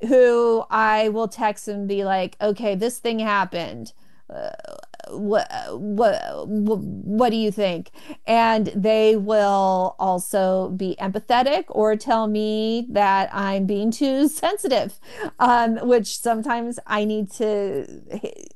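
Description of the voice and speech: An adult woman speaks conversationally with stuttering: drawn-out sounds and repeated part-word starts with pauses before "what."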